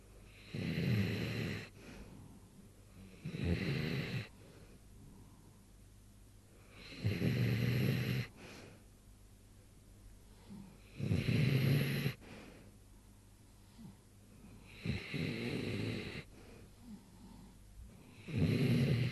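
Morris, a sleeping animal, snores in low, rumbling bursts about every three to four seconds, roughly 16 a minute, with soft breathing in between. The rhythm is fairly regular, ordinary snoring during sleep, with a faint room hum in the background.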